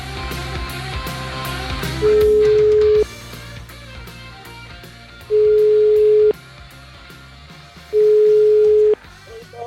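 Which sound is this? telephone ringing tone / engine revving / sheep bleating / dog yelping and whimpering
telephone ringing tone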